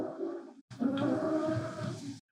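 Squeezle the dog snoring in the background: a brief rough, rumbling breath sound, then a longer one.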